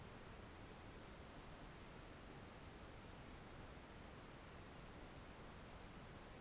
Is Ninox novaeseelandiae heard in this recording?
no